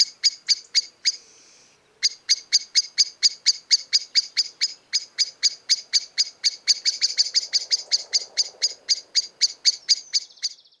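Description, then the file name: Common blackbird uttering rapid clipped chink notes, pausing briefly after one second, then resuming in a long run with a faint low rustle underneath. "Turdus merula"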